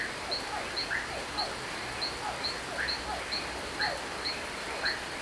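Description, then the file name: Toads give repeated short notes at mid pitch beneath a regular high cricket chirp, over continuous rainfall noise. Toads calling at night in the rain on a small rural farm, with a cricket very close by. "Chuva em chacara a noite grilo bem perto, sapos"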